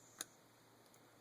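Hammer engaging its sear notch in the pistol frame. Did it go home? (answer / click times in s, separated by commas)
yes / 0.2 s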